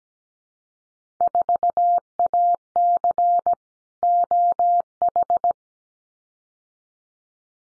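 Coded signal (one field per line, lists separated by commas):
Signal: Morse code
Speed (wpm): 17 wpm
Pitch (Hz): 700 Hz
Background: none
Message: 4AC OH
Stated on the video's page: Morse drill of randomly selected Field Day exchanges at 17 wpm for head-copy, each sent, spoken, then sent again.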